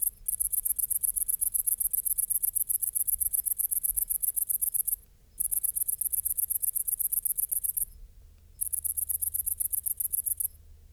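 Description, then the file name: Great green bush-cricket song: sustained shrill, rapidly ticking high buzz in long runs of several seconds, interrupted by short pauses, with faint low background noise. "Tettigonia viridissima"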